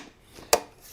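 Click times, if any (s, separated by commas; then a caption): 0.5 s. The hinged plastic lid of a 75 kPa vacuum sealer is pushed down onto the sealer's base until it latches closed. A single sharp click sounds at 0.5 s against a quiet background. The lid is locked in and ready to go.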